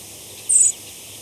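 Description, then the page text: Henslow's sparrow flight call: one thin, very high note lasting about a fifth of a second, over faint background hiss. Flight call, a long, descending "tseewd" with a sweet, waxwing-like trill, from a perched bird; New York, 25 July 1995. "Henslow's Sparrow Ammodramus henslowii Flight call description A long, descending "tseewd" with a sweet, waxwing-like trill. New York July 25, 1995 (WRE)"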